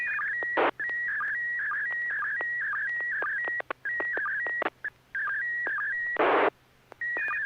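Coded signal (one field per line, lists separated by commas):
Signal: SSTV (slow-scan television)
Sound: warbling tone stepping around 1.5-1.9 kHz with brief low dips, interrupted by hiss bursts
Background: FM squelch noise, hum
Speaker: Let's go on to Neil. KL7HQR, it's your turn for a picture, please.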